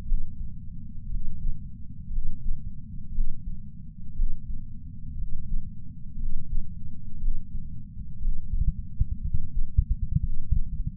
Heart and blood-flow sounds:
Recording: heart sounds by patch sensor on the chest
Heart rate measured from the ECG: 59 bpm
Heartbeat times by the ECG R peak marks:
0.03 s: heartbeat
1.07 s: heartbeat
2.08 s: heartbeat
3.10 s: heartbeat
4.12 s: heartbeat
5.14 s: heartbeat
6.15 s: heartbeat
7.17 s: heartbeat
8.18 s: heartbeat
9.19 s: heartbeat
10.19 s: heartbeat
From the record:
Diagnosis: coronary artery disease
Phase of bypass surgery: postoperative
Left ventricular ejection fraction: 61.7%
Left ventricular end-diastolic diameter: 51 mm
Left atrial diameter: 37 mm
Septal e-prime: 6.5 cm/s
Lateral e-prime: 9.2 cm/s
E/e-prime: 11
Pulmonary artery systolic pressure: 22 mmHg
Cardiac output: 4.8 L/min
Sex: male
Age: 59 years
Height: 168 cm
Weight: 81 kg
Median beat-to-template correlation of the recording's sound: 0.85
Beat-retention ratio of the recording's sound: 1.00

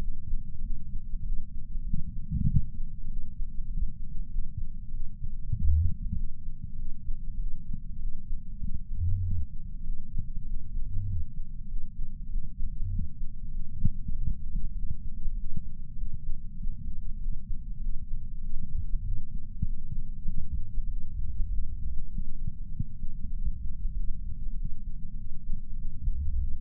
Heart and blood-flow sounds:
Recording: heart sounds by patch sensor on the chest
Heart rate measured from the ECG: 98 bpm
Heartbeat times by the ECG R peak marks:
0.60 s: heartbeat
1.22 s: heartbeat
1.83 s: heartbeat
2.45 s: heartbeat
3.07 s: heartbeat
3.67 s: heartbeat
4.28 s: heartbeat
4.90 s: heartbeat
5.52 s: heartbeat
6.13 s: heartbeat
6.75 s: heartbeat
7.36 s: heartbeat
7.98 s: heartbeat
8.59 s: heartbeat
9.20 s: heartbeat
9.82 s: heartbeat
10.44 s: heartbeat
11.05 s: heartbeat
11.66 s: heartbeat
12.27 s: heartbeat
12.88 s: heartbeat
13.49 s: heartbeat
14.11 s: heartbeat
14.72 s: heartbeat
15.34 s: heartbeat
15.95 s: heartbeat
16.56 s: heartbeat
17.18 s: heartbeat
17.79 s: heartbeat
18.39 s: heartbeat
19.01 s: heartbeat
19.63 s: heartbeat
20.24 s: heartbeat
20.86 s: heartbeat
21.48 s: heartbeat
22.09 s: heartbeat
22.70 s: heartbeat
23.32 s: heartbeat
23.93 s: heartbeat
24.54 s: heartbeat
25.14 s: heartbeat
25.75 s: heartbeat
26.36 s: heartbeat
From the record:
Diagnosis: coronary artery disease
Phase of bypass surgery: preoperative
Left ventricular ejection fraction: 66.8%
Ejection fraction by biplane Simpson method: 67.5%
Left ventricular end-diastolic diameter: 41 mm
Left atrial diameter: 29 mm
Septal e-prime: 9.5 cm/s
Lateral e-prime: 10.6 cm/s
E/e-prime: 8.7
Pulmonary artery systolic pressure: 27 mmHg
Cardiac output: 4.8 L/min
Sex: female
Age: 77 years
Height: 168 cm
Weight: 49 kg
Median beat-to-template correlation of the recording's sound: 0.81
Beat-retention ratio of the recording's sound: 0.99

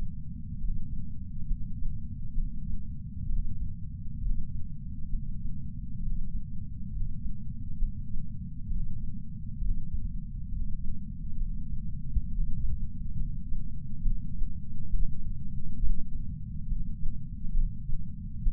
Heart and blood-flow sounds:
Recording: heart sounds by patch sensor on the chest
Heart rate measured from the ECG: 67 bpm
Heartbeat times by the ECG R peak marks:
0.58 s: heartbeat
1.48 s: heartbeat
2.35 s: heartbeat
3.27 s: heartbeat
4.19 s: heartbeat
5.10 s: heartbeat
6.00 s: heartbeat
6.90 s: heartbeat
7.79 s: heartbeat
8.68 s: heartbeat
9.59 s: heartbeat
10.49 s: heartbeat
11.38 s: heartbeat
12.29 s: heartbeat
13.17 s: heartbeat
14.03 s: heartbeat
14.91 s: heartbeat
15.80 s: heartbeat
16.68 s: heartbeat
17.55 s: heartbeat
18.44 s: heartbeat
From the record:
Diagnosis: coronary artery disease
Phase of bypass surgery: preoperative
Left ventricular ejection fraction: 43.1%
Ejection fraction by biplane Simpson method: 44.4%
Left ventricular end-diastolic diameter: 60 mm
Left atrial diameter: 37 mm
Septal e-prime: 5.3 cm/s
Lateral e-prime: 8.1 cm/s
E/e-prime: 7.6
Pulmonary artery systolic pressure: 20 mmHg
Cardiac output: 4.08 L/min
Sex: male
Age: 57 years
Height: 183 cm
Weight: 85 kg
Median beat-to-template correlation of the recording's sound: 0.82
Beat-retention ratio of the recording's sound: 0.97

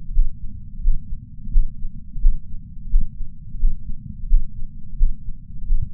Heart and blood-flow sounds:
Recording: heart sounds by patch sensor on the chest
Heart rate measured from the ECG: 87 bpm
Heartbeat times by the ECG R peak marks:
0.13 s: heartbeat
0.83 s: heartbeat
1.52 s: heartbeat
2.20 s: heartbeat
2.90 s: heartbeat
3.59 s: heartbeat
4.28 s: heartbeat
4.97 s: heartbeat
5.66 s: heartbeat
From the record:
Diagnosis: coronary artery disease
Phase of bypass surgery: postoperative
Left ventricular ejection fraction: 69.2%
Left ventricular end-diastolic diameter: 44 mm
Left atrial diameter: 37 mm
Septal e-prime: 6.9 cm/s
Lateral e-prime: 8.2 cm/s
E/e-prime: 11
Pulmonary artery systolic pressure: 21 mmHg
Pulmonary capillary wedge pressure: 12 mmHg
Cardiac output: 4.9 L/min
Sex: male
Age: 63 years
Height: 170 cm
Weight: 85 kg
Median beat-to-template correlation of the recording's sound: 0.93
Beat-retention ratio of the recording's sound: 0.99

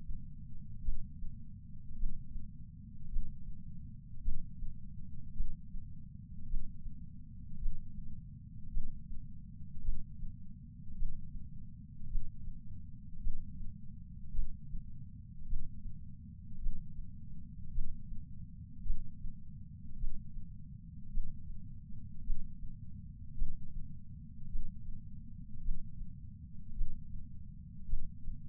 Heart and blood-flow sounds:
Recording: heart sounds by patch sensor on the chest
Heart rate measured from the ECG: 53 bpm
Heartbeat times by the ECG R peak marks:
0.81 s: heartbeat
1.95 s: heartbeat
3.08 s: heartbeat
4.21 s: heartbeat
5.33 s: heartbeat
6.46 s: heartbeat
7.58 s: heartbeat
8.70 s: heartbeat
9.81 s: heartbeat
10.94 s: heartbeat
12.07 s: heartbeat
13.20 s: heartbeat
14.32 s: heartbeat
15.45 s: heartbeat
16.58 s: heartbeat
17.71 s: heartbeat
18.83 s: heartbeat
19.96 s: heartbeat
21.09 s: heartbeat
22.22 s: heartbeat
23.35 s: heartbeat
24.48 s: heartbeat
25.61 s: heartbeat
26.73 s: heartbeat
27.86 s: heartbeat
From the record:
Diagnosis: coronary artery disease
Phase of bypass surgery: intraoperative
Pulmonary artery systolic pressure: 22 mmHg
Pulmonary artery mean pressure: 14 mmHg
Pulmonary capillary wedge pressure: 10 mmHg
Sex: male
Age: 75 years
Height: 167 cm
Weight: 58 kg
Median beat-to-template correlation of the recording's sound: 0.95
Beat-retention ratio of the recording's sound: 0.99

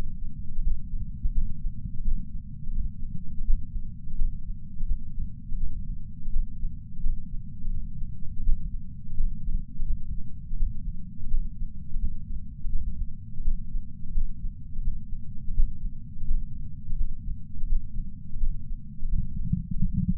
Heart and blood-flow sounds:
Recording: heart sounds by patch sensor on the chest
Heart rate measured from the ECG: 84 bpm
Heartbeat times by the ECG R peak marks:
0.62 s: heartbeat
1.33 s: heartbeat
2.03 s: heartbeat
2.73 s: heartbeat
3.45 s: heartbeat
4.16 s: heartbeat
4.86 s: heartbeat
5.58 s: heartbeat
6.31 s: heartbeat
7.01 s: heartbeat
7.71 s: heartbeat
8.43 s: heartbeat
9.15 s: heartbeat
9.85 s: heartbeat
10.57 s: heartbeat
11.29 s: heartbeat
11.99 s: heartbeat
12.70 s: heartbeat
13.43 s: heartbeat
14.12 s: heartbeat
14.82 s: heartbeat
15.54 s: heartbeat
16.26 s: heartbeat
16.96 s: heartbeat
17.67 s: heartbeat
18.38 s: heartbeat
19.08 s: heartbeat
19.80 s: heartbeat
From the record:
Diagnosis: coronary artery disease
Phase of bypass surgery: postoperative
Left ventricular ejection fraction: 60.9%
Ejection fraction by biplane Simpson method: 59.5%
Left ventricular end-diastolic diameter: 49 mm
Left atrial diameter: 39 mm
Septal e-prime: 6.3 cm/s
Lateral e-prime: 6.7 cm/s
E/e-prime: 11.5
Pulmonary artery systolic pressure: 33 mmHg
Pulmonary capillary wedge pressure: 2 mmHg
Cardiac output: 6.3 L/min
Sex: male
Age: 71 years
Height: 162 cm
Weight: 75 kg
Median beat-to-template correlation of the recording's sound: 0.79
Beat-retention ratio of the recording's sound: 1.00

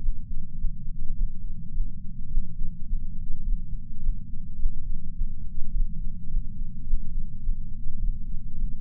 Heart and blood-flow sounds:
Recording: heart sounds by patch sensor on the chest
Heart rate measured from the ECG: 105 bpm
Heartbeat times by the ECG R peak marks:
0.57 s: heartbeat
1.15 s: heartbeat
1.72 s: heartbeat
2.29 s: heartbeat
2.86 s: heartbeat
3.43 s: heartbeat
4.01 s: heartbeat
4.57 s: heartbeat
5.14 s: heartbeat
5.71 s: heartbeat
6.29 s: heartbeat
6.85 s: heartbeat
7.42 s: heartbeat
7.99 s: heartbeat
8.56 s: heartbeat
From the record:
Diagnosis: coronary artery disease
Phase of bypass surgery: postoperative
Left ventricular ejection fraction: 54.7%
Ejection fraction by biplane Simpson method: 51.3%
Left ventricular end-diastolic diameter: 46 mm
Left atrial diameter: 45 mm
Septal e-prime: 5.3 cm/s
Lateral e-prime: 7.1 cm/s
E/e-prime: 10.6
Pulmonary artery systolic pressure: 26 mmHg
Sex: male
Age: 58 years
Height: 182 cm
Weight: 89 kg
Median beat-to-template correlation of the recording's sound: 0.72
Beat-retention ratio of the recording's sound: 0.99

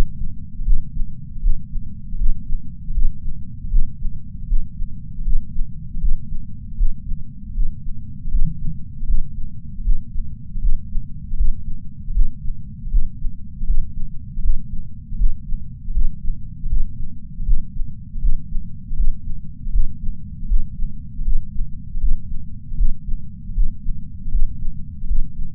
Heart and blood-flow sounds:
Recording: heart sounds by patch sensor on the chest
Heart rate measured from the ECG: 79 bpm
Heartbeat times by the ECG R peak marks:
0.64 s: heartbeat
1.37 s: heartbeat
2.14 s: heartbeat
2.90 s: heartbeat
3.69 s: heartbeat
4.43 s: heartbeat
5.20 s: heartbeat
5.96 s: heartbeat
6.76 s: heartbeat
7.50 s: heartbeat
8.27 s: heartbeat
9.03 s: heartbeat
9.80 s: heartbeat
10.57 s: heartbeat
11.33 s: heartbeat
12.10 s: heartbeat
12.86 s: heartbeat
13.62 s: heartbeat
14.38 s: heartbeat
15.14 s: heartbeat
15.89 s: heartbeat
16.65 s: heartbeat
17.41 s: heartbeat
18.17 s: heartbeat
18.92 s: heartbeat
19.68 s: heartbeat
20.44 s: heartbeat
21.20 s: heartbeat
21.96 s: heartbeat
22.73 s: heartbeat
23.50 s: heartbeat
24.27 s: heartbeat
25.03 s: heartbeat
From the record:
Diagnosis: coronary artery disease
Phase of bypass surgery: intraoperative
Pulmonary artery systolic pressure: 21 mmHg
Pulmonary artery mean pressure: 15 mmHg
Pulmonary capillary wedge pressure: 10 mmHg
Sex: male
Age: 65 years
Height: 170 cm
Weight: 65 kg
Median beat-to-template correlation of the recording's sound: 0.94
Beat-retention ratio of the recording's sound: 0.99

